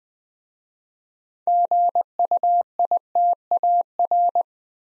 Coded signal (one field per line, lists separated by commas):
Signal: Morse code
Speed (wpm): 20 wpm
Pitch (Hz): 700 Hz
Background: none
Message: GUITAR